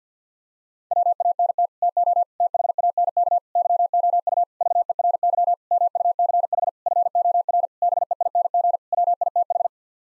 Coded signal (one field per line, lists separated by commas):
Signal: Morse code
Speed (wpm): 50 wpm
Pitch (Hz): 700 Hz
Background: none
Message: WANT TO THANK YOU VERY MUCH FOR BEING WITH